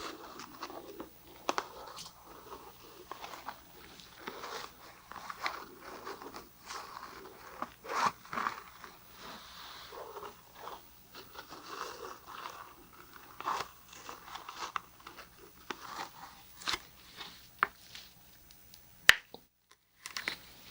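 An ear massage with oil and lotion, with no talking: a steady run of soft, wet, crackling rubs and squishes in short, irregular strokes. A faint low hum sits underneath throughout. Near the 19-second mark a sharper snap is followed by a brief moment of silence.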